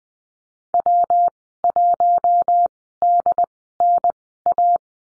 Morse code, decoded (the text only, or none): W1DNA